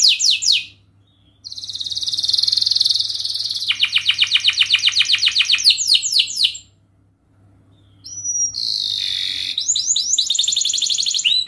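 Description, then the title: Canary song of long high buzzy trills and rapid pulsed notes, separated by short pauses and a brief upward whistle. Gacor canary song with best cengkok and richest isian phrases, a kicaumania recording used for training. "Kenari Gacor Cengkok Isian Kenarigacor Kicaumania Kenari"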